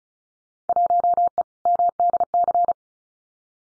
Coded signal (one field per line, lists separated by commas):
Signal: Morse code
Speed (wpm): 36 wpm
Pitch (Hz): 700 Hz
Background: none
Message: 1E MDC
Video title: Field Day Exchange 35wpm